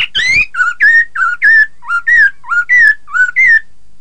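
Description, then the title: Laughingthrush song: a steady rhythmic run of many clear, slurred whistles. "Suara Kicau Burung Poksay"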